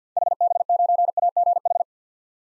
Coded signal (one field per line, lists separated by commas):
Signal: Morse code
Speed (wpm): 50 wpm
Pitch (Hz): 700 Hz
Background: none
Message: HB9AGH